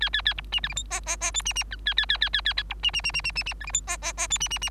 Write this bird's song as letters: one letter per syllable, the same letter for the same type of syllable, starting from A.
A A A B C D E F G G G H C C I A A A A A A B C C C C C C C D E F G G G H C C C